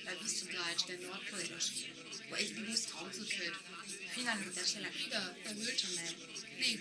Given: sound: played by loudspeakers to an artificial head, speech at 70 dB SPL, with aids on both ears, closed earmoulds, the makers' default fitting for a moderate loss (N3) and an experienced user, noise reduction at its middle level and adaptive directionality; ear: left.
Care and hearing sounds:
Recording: speech test signal (ISTS) in cocktail-party noise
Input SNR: +3 dB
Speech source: on the right (90 degrees)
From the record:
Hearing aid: class 1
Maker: H

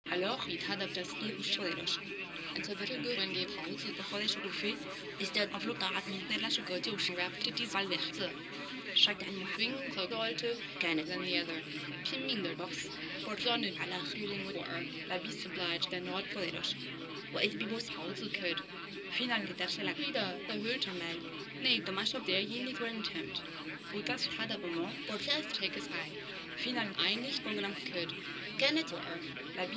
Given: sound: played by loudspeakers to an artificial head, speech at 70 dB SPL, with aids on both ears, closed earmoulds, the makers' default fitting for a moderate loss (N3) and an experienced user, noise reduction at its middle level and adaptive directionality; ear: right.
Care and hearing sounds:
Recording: speech test signal (ISTS) in cocktail-party noise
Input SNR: 0 dB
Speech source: on the right (90 degrees)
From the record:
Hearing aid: class 1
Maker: D

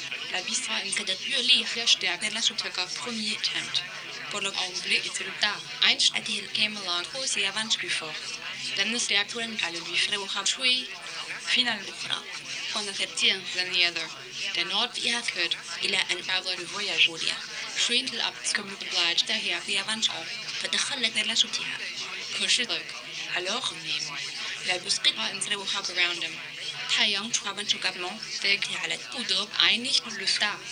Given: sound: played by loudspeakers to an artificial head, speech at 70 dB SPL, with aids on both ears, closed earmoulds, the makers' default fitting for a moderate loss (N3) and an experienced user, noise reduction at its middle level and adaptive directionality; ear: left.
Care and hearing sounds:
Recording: speech test signal (ISTS) in cocktail-party noise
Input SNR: +6 dB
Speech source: in front (0 degrees)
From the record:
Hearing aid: class 2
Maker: A

